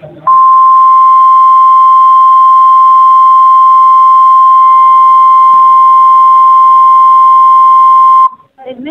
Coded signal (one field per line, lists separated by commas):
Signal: Emergency Alert System (SAME) tones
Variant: 1050 Hz attention tone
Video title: EAS Scenario: The Lurker Part 6 (FINALE)